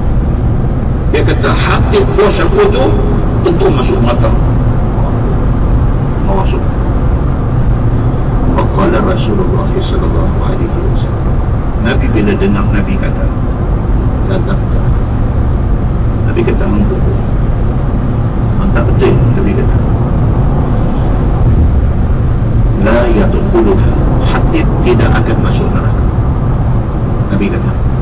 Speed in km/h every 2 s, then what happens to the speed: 153, 154, 154, 151, 150, 147, 147, 148, 150, 150, 152, 152, 148, 142.
0-22 steady at about 150. 22-28 slows to 142.